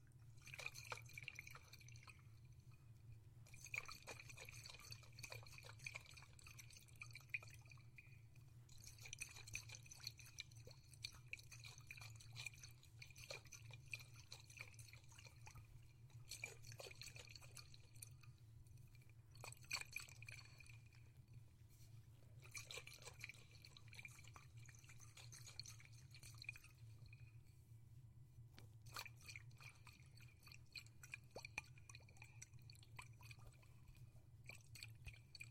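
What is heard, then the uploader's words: Water sloshes and trickles inside a globe over a steady low hum, with bright bubbly bursts and tinkling drips coming in uneven clusters. Water Globes and Underwater Sounds.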